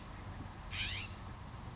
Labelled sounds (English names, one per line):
California Scrub-Jay